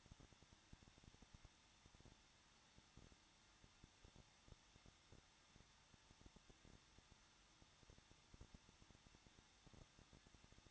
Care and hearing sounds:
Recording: daily activity, microphone in the room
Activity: no activity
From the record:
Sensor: 3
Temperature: 21.2 degrees Celsius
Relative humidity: 36.4%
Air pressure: 1006.4 hPa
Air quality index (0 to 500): 223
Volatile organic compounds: 42 ppm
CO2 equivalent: 3185 ppm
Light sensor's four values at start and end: 2/3/2/2 and 2/3/2/2

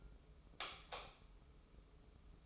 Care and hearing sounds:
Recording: daily activity, microphone in the room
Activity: light off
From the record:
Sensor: 1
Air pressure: 995.4 hPa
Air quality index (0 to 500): 25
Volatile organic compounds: 0 ppm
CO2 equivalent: 500 ppm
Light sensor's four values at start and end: 14/42/16/17 and 11/26/10/11

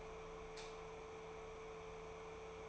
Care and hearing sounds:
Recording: daily activity, microphone in the room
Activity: light off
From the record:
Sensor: 1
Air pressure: 1014.8 hPa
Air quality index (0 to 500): 185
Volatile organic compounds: 18 ppm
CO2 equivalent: 2627 ppm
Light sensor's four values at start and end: 38/102/42/50 and 35/88/37/45

